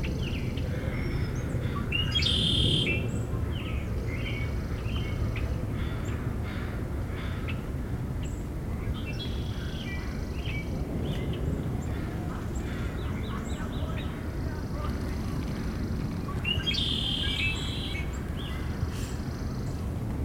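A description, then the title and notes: Recorded at Magnuson Park, Seattle: a steady low rumble fills the clip while bright bird chirps and calls recur throughout, strongest around three and seventeen seconds. Recorded at Magnuson Park, Seattle.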